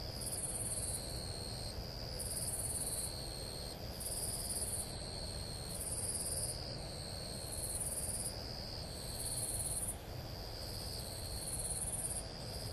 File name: madarasuzu